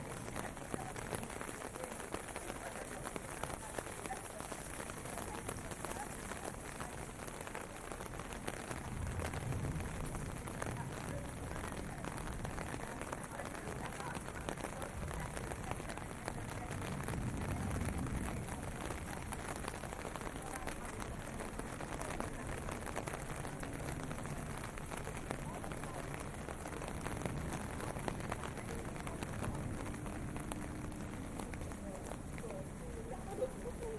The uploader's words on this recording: WALKING IN THE RAIN TOKYO JAPAN. Walking in the streets of Tokyo, Japan.